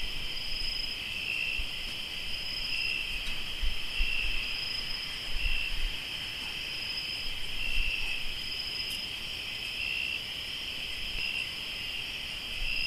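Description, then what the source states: Continuous cricket chirping, layered high trills pulsing slightly, with occasional faint clicks and low thumps. Crickets recorded in Tlayacapan, Morelos.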